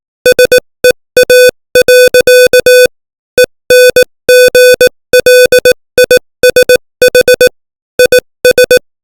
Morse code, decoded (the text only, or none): SEA. ENGLISH IS